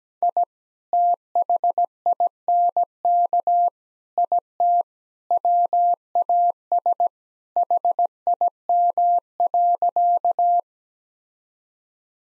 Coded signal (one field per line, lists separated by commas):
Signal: Morse code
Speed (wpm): 17 wpm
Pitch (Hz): 700 Hz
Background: none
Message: I THINK IT WAS HIM.